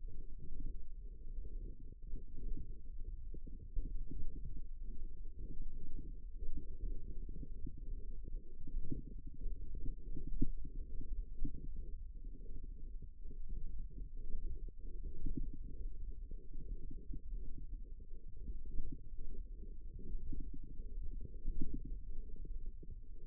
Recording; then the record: forearm muscle sounds (acoustic myography)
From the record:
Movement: wrist extension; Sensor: system 1, eight BSWA MPA416 microphones around the upper forearm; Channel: 8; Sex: female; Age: 21 years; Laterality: right